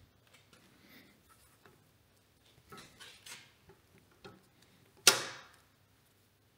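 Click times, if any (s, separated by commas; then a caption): 5.1 s. A plastic hose clamp, a holder for the hydraulic lines that is also secured with bolts at a 45-degree angle, is pressed by hand into its mount on a DIY small loader. Quiet handling noises and a few soft knocks and scrapes lead to a single loud, sharp snap at 5.1 s that rings out briefly. The clamp snaps into place and is seated.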